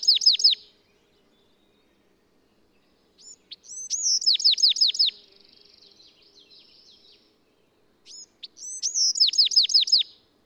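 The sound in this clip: Bird song: a quick run of high, sharply descending whistled notes, repeated in three bursts with softer twittering between them; quiet background otherwise.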